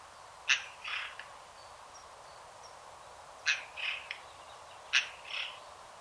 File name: Garrulus glandarius